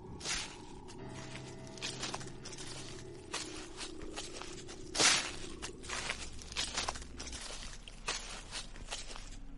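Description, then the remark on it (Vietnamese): Footsteps crunch over dry leaves in an uneven series of crackly, rustling steps, with one louder crunch midway and a faint low hum beneath. No one speaks. “Hắn xác định chính là tiếng bước chân dẫm lên lá khô.”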